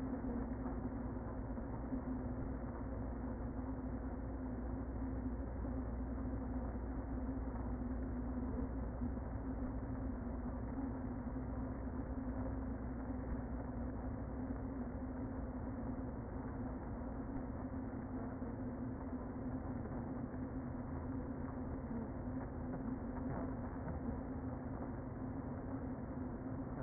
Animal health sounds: honeybee colony, microphone inside the hive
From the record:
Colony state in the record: queen present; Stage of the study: before two queens were removed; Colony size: about 60,000 bees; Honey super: yes

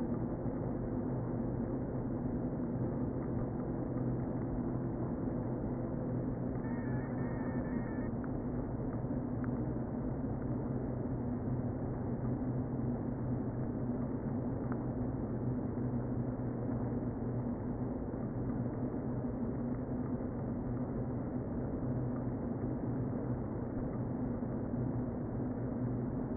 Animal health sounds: honeybee colony, microphone inside the hive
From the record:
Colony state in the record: queen present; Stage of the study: before two queens were removed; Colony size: about 60,000 bees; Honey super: yes

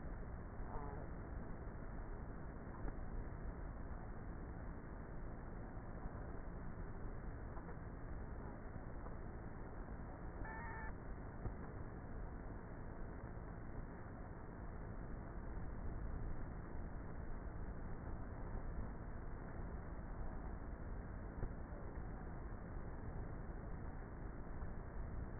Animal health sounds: honeybee colony, microphone inside the hive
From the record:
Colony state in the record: queenless with a low population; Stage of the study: before two queens were removed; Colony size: about 30,000 bees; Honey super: no

